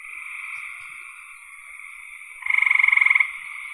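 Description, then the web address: Frog giving a loud pulsed trill under a second long after a softer, continuous trilling chorus. "cn frogs"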